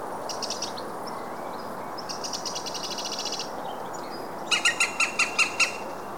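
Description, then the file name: European green woodpecker call: after faint rapid pulsed sounds, a loud run of seven ringing notes near the end, over steady background hiss. "zold kullo hangja"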